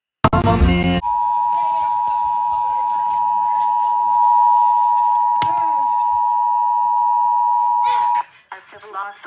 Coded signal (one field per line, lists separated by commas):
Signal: Emergency Alert System (SAME) tones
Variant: 853 and 960 Hz attention tone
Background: speech, music